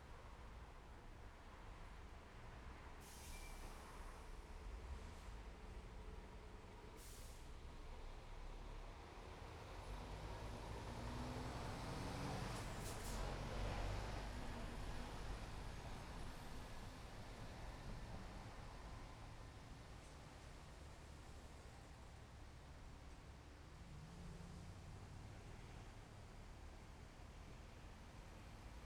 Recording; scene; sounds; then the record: everyday scene through a hearing-aid microphone; in traffic; traffic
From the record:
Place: main road on the outskirts, rush hour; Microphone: behind the ear, left, rear